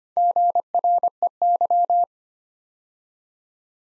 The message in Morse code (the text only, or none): GREY